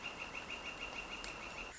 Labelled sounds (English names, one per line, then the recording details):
Northern Flicker
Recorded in Sonoma County, California